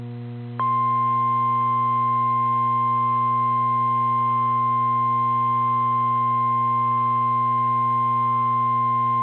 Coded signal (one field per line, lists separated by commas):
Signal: Emergency Alert System (SAME) tones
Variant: 1050 Hz attention tone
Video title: EAS Mini-Timeline Upper-Midwest Blizzard and Snow Squall Warnings NOAA Weather Radio